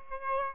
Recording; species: mosquito wingbeat signal from an infrared sensor; Aedes albopictus